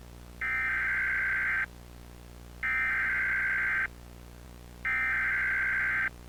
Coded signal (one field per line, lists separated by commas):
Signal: Emergency Alert System (SAME) tones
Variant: header bursts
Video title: (Analog/digital horror) EAS Scenario: The Boiled One Phenomenon